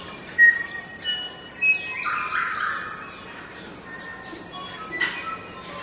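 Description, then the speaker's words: New Zealand bellbird singing: high, ringing notes in a rapid series over lower pure whistles, over constant background hiss. Melodious, liquid, bell-like notes; found throughout much of New Zealand; the Maori considered the notes symbolic of human material existence. "Banks was among the first Europeans to describe the song of the bellbird, which is found throughout much of New Zealand."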